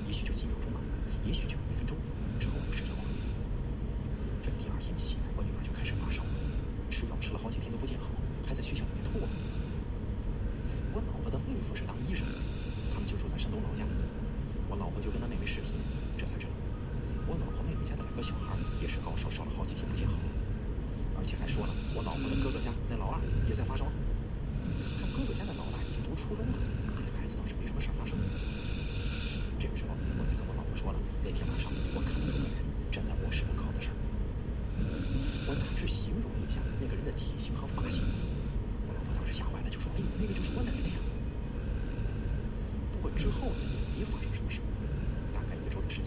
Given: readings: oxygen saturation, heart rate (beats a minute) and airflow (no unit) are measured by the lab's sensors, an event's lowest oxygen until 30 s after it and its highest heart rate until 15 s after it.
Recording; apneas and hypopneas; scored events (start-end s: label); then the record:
breathing in sleep by a smartphone at the bedside; none
none scored
From the record:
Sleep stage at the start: N2 (light sleep); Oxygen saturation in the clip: 92 to 93%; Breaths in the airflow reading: 15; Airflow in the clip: -1.3 to 1.5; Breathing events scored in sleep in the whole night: 335 in 6.7 hours asleep